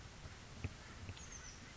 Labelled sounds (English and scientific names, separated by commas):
Oak Titmouse (Baeolophus inornatus)